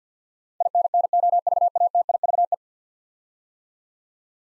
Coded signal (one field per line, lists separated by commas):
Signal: Morse code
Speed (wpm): 50 wpm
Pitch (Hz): 700 Hz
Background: none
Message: INNOVATIVE